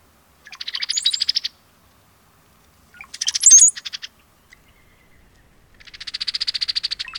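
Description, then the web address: Brown-headed cowbird chatter: three dry, buzzy rattling bursts, each one to one and a half seconds long, with a brief thin high whistle partway through. Common western species of North America. "Songs of Birds of North America Know Your Bird Sounds Common Western Species 45-Brown-headed Cowbird"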